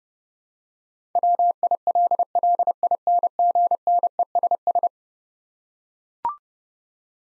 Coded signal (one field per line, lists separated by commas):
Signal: Morse code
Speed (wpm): 30 wpm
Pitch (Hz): 700 Hz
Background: none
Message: WILLINGNESS